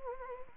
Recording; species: mosquito wingbeat signal from an infrared sensor; Anopheles arabiensis